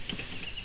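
A wiper blade with a simple lever-type retaining clip is pushed onto a windscreen wiper arm. One sharp click is heard at 0.1 s. The blade is seated on the arm, in and secure.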